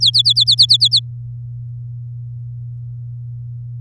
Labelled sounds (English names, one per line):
Domestic Canary song